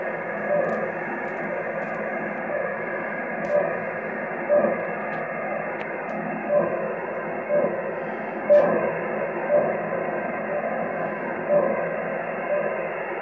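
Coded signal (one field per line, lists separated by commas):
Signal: radio time signal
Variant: RWM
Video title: RWM Russian Time Signal 4996kHz Moscow, Russia 12,562 km - 23NOV2018 0544UTC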